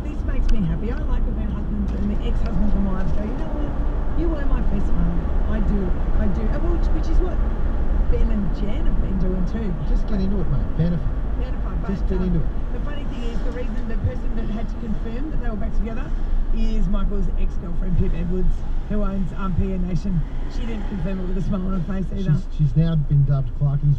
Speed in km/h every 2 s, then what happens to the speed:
75, 74, 73, 73, 69, 64, 59, 55, 51, 40, 24, 9.
0-6 steady at about 73. 6-24 brakes to 9.